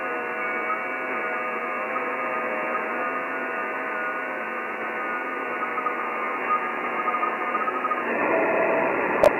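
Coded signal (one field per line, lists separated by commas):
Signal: FT8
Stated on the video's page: FT8 audio sent live from a TS590S radio to the PC.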